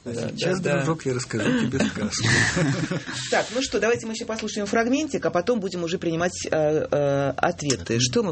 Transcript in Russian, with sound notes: «А сейчас, дружок, я расскажу тебе сказку». (все смеются)
К.ЛАРИНА: Так, ну что? Давайте мы еще послушаем фрагментик, а потом будем уже принимать ответы.